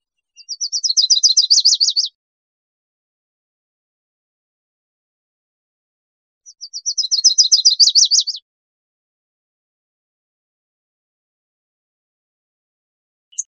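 Louisiana waterthrush singing: two bursts of rapid high notes, each about two seconds long, starting soft and swelling louder, separated by a long silence, with a brief note at the very end.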